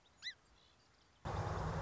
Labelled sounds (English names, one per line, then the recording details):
Song Sparrow
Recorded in Sonoma County, California